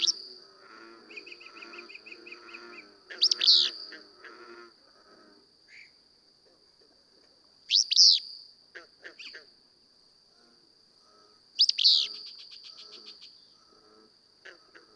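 Willow flycatcher singing a buzzy, explosive phrase three times, about every four seconds, against an unbroken thin insect hum and a short rapid trill from another bird.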